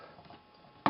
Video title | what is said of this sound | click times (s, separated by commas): Transformers Fall of Cybertron Platinum Edition Grimlock Figure | down to form the leg now if you you hear that snap there | 0.9 s